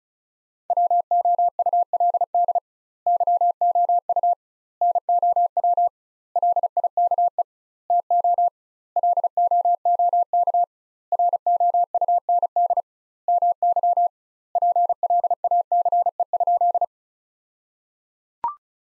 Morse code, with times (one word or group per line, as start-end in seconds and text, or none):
0.7-2.6 WOULD
3.1-4.3 YOU
4.8-5.9 NOW
6.4-7.4 LIKE
7.9-8.5 TO
9.0-10.6 LOOK
11.1-12.8 ROUND
13.3-14.1 MY
14.6-16.8 PLACE?